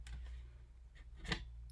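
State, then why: Seated. A graphics card is pushed into the motherboard PCIe slot on a test bench until the retention clip engages. Small scraping ticks lead up to a sharp, bright click at 1.3 seconds over a steady low hum, and the card is seated.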